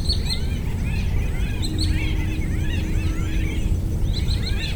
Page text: Bram Piot - Рыжебрюхий дрозд (Turdus rufiventris)